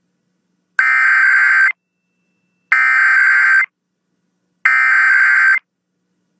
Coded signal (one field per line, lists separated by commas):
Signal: Emergency Alert System (SAME) tones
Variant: header bursts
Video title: Glory of The Tests (EAS #10851-10890) 5/3/23